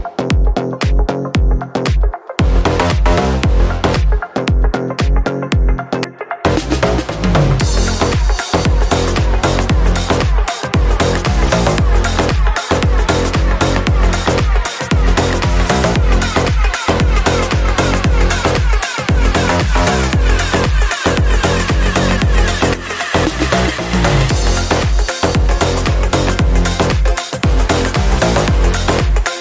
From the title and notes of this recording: GEA Bake Depositor 2LC. Compact lobe depositor for soft cookies.